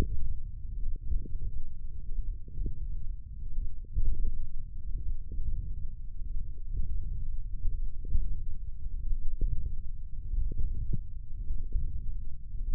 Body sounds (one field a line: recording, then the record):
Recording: forearm muscle sounds (acoustic myography)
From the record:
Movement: wrist flexion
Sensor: system 1, eight BSWA MPA416 microphones around the upper forearm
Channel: 6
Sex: male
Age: 21 years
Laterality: right